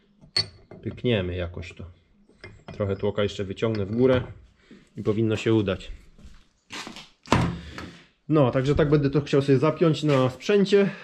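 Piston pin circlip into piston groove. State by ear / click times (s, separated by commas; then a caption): seated / 7.3 s. A steel piston pin circlip is pushed into its groove in the piston with an installation tool, with the piston lifted up a bit, during a piston replacement on a Duke 690. Someone talks throughout, and a sharp metallic snap at 7.3 s marks the circlip seating in its groove.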